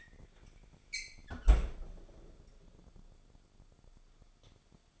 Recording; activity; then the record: daily activity, microphone in the room; close fridge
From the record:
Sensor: 5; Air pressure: 1004.8 hPa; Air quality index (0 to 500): 159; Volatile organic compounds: 3 ppm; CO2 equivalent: 1495 ppm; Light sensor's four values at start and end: 23/52/21/20 and 21/48/19/18